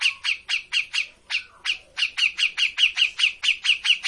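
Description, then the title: Grey-cheeked bulbul repeating quick, bright chirps at a steady fast pace, with one lower sliding note early on. Bird-training master recording of an actively singing (gacor) cucak jenggot. "Cucak Jenggot Gacor. Masteran burung cucak jenggot ! Suaka burung"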